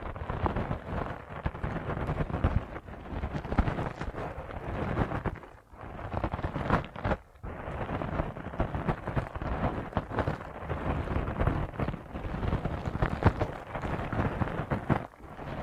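A 3D ear massage: dense, continuous rubbing and rustling with a heavy, muffled rumble underneath and a crackly, rain-like texture on top. The sound barely lets up, apart from brief dips just before the six- and seven-second marks.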